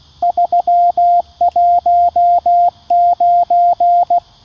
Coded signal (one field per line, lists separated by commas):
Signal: Morse code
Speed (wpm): 16 wpm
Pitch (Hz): 700 Hz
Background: radio noise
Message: 319